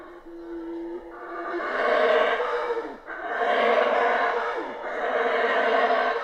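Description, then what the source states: Colombian red howler monkey roaring: a thin steady tone opens, then three rough, rolling roars rise and fall in quick succession. Recorded in Guatemala.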